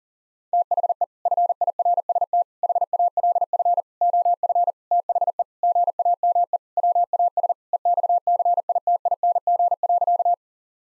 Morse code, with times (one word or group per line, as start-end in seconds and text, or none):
0.5-1.0 THE
1.3-2.4 FIRST
2.6-3.8 HALF
4.0-4.7 OF
4.9-5.4 THE
5.6-6.6 GAME
6.8-7.5 WAS
7.7-10.3 EXCITING.